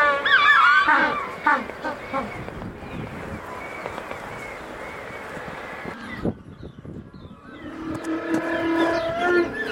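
African penguin calls: harsh honking notes at the start, a muddled middle, then a harmonic braying tone near the end.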